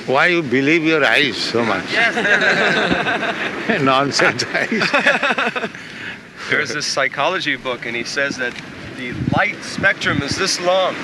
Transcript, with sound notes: Why you believe your eyes so much? [laughter] Nonsense eyes.
There's this psychology book, and he says that the light spectrum is this long,